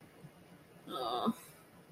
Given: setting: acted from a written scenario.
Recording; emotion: vocal sound without words; disappointment